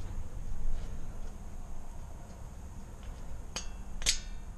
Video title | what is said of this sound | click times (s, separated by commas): 2004 Honda Pilot Front Lower Control Arms | that one just pops into place like so | 3.6 s